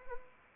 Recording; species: mosquito wingbeat signal from an infrared sensor; Anopheles arabiensis